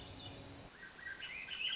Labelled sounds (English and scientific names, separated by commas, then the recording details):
Swainson's Thrush (Catharus ustulatus)
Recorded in Sonoma County, California